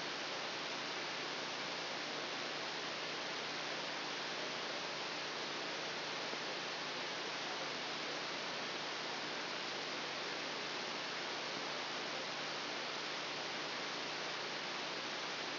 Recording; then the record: brain microelectrode recording played as sound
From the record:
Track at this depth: outside the subthalamic nucleus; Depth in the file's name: -0.084 mm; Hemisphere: left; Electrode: 2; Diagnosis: Parkinson's disease